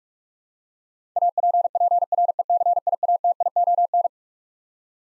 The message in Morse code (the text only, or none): APPRECIATION